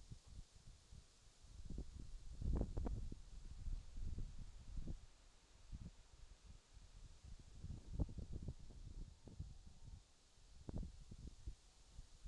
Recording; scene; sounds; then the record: everyday scene through a hearing-aid microphone; wind on the microphone; wind, whistling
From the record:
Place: in front of a rural house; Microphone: in the ear canal, left